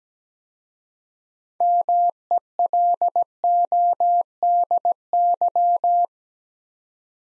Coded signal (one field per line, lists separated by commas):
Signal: Morse code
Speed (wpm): 17 wpm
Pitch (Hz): 700 Hz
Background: none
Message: MELODY